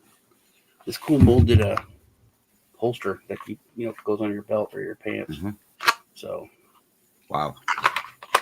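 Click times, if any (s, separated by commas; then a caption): 8.4 s. Someone talks about a molded holster that goes on a belt or pants, then a Turkish military handgun is pushed into the molded belt holster. A few short clicks sound around 7.8–8.0 seconds, and the pistol snaps into the holster and seats at 8.4 seconds.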